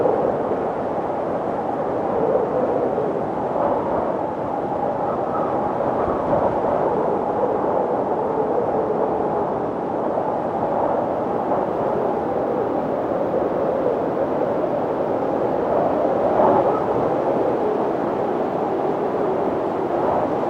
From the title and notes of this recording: Winter windstorm in the mountains. Three hours of cold wind sounds.